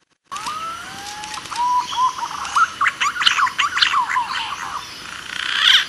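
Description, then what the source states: Green pigeon whistled song: a slow rising whistle, then a rapid run of warbling, up-and-down whistled notes over steady background hiss. Lure call used for trapping.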